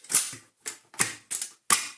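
The plastic body of a reassembled Siemens Super VS 31-45 vacuum cleaner is pushed and pressed repeatedly to close its housing latch, producing five short, sharp plastic knocks and rattles spaced across the two seconds. Nothing has seated or clicked yet; the latch is not home.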